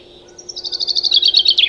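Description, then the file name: Common chaffinch song fragment: a rapid trill of high notes that grows louder and breaks into lower, descending notes at the end. "Fringilla coelebs"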